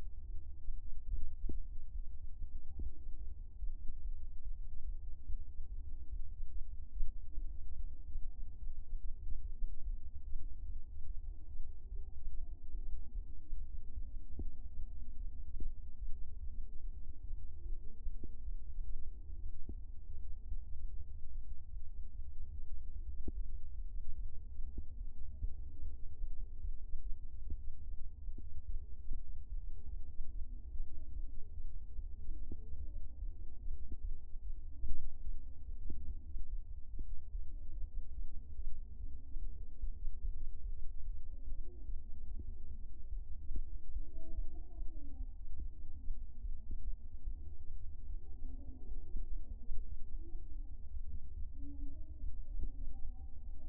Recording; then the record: fetal heart sounds by stethoscope on the mother's abdomen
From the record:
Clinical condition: anaemia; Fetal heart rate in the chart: 144 bpm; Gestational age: 39 weeks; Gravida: 2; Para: 1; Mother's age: 23 years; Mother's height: 158 cm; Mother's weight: 65 kg